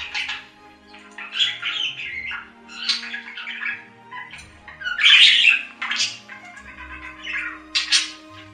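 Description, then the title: Budgerigar chatter of short raspy squawks and chirps in irregular bursts, with a louder harsh note near the middle; low background hum. "Budgie Sounds"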